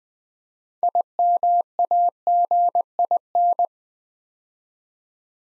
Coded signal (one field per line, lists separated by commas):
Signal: Morse code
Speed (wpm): 20 wpm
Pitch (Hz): 700 Hz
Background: none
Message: IMAGIN